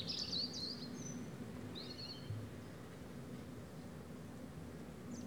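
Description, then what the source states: European robin song: a short high warbled phrase at the start, a thin sliding note soon after, then mostly low background rumble. Several robins singing in the afternoon at Méandres du Saugey, Brangues, France, in the Haut-Rhône; recorded with a Dodotronic stereo parabola (EM172) and Zoom H4n Pro.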